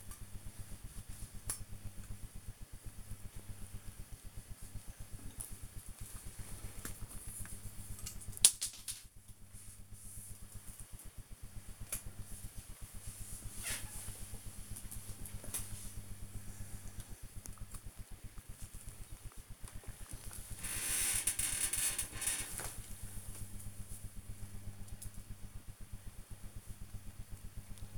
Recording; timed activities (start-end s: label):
household activities, microphone on the right wrist
0.00-19.46 s: dusting model cars